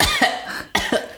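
Two quick, harsh cough bursts from an adult, a brief ordinary cough in a small room.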